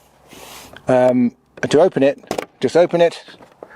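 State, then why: Not seated. Someone talks while the cabin door of a light aircraft, a Bonanza, is handled and starts to swing open toward its hold-open rod. Faint movement sounds occur between the phrases, and a brief tap is heard near the end. The clip ends before the hold-open stay engages, so nothing has clicked into place yet.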